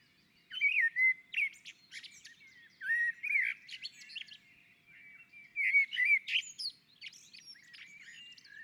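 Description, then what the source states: Common blackbird delivering several warbling phrases in a row, low fluted whistles each trailing into high, chittering squeaks, with brief pauses between. On a roof.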